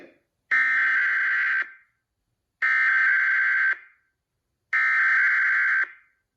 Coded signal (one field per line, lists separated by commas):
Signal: Emergency Alert System (SAME) tones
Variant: header bursts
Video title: Alerts from WDFA II (EAS# 166-169)